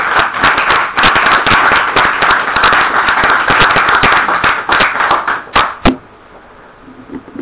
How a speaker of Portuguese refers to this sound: Por a miña parte, graciñas a Centro Espacio Libertario, un gustazo e o que queirades. Non me aplaudas.